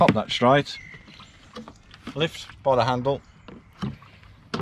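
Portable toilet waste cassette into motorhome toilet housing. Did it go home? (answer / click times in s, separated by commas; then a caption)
no / none. Someone talks while handling an emptied plastic Thetford portable toilet waste cassette, lifting it by the handle to slide it into its bay in the motorhome wall's toilet housing. A few brief knocks sound around 1.6–1.9 s, and a sharper one comes at 4.5 s. The cassette has not yet seated or clicked into place by the end.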